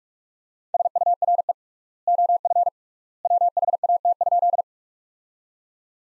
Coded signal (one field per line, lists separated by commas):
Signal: Morse code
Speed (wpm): 44 wpm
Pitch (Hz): 700 Hz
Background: none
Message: SURE OF WHAT?